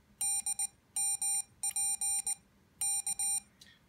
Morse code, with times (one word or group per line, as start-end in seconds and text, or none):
0.2-2.3 DMP
2.8-3.4 K